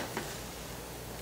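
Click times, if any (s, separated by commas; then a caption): none. A plastic spout lid is handled against a toddler sippy cup, giving a faint brief rustle near 0.2 s over a steady low hum. Nothing has seated or clicked yet.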